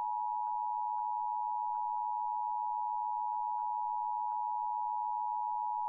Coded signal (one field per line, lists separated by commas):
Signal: Emergency Alert System (SAME) tones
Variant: 853 and 960 Hz attention tone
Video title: Monthly Tests Madness (EAS #6942-7018) 6/27-28/22